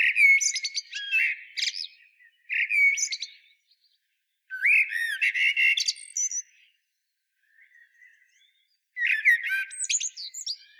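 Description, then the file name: Common blackbird song: several mellow fluted phrases, each breaking into high squeaky twittering, with silent gaps between them. "Turdus merula"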